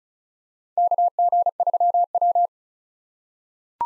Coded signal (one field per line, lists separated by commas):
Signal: Morse code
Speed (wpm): 36 wpm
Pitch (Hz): 700 Hz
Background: none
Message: KG3W